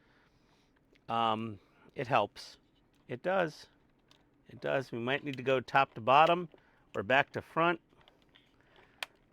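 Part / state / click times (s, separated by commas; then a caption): pinned model part into fuselage / seated / 9.0 s. A pinned part of a 1/24 Agora AH-64D Apache Longbow model is pressed into the fuselage, working top to bottom, after its small pins were lubricated with extra-thin cement. Someone talks, then a few faint ticks give way to a sharp snap at 9.0 s as the pins seat home.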